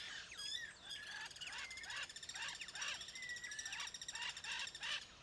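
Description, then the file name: Bird calls: a busy run of short, high, swooping and chirping notes, repeated many times over five seconds. "SABIOD 50 bird 2015"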